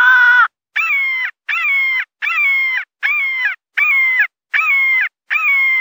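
Crow calling with eight harsh, hoarse caws in quick succession, about one every three-quarters of a second. The first call is lower and the rest are evenly matched.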